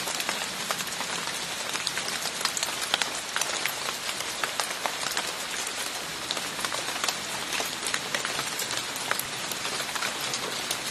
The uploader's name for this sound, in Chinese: 雨后树下的雨滴稀稀疏疏